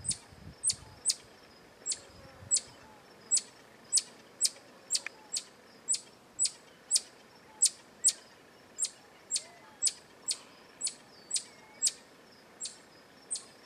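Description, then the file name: Black-tufted marmoset calls: sharp, very high, brief notes repeated steadily throughout, with a few faint thin whistles in between. "Canto do Mico Estrela"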